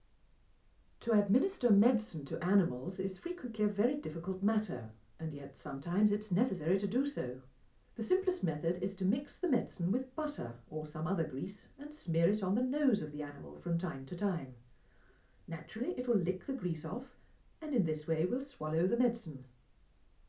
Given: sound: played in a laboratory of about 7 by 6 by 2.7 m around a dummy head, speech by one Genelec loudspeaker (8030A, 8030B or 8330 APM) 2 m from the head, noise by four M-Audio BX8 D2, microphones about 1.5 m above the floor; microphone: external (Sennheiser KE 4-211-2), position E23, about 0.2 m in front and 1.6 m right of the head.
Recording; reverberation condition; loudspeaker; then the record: female speech in English; low; 150 degrees to the right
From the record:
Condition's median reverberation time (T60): about 310 ms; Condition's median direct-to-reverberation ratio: about 3.5 dB